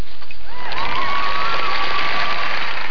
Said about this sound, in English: Oh, that was another big cheer.